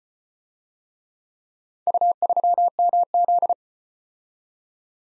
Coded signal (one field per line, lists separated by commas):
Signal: Morse code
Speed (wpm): 33 wpm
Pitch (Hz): 700 Hz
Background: none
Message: U3MZ